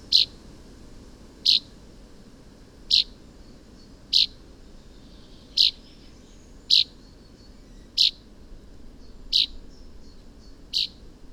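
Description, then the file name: Common chaffinch uttering a steady series of nine clipped, high-pitched call notes, with soft low hiss behind. "Fringilla coelebs"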